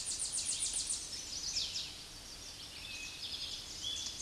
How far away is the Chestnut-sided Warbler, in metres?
about 25 m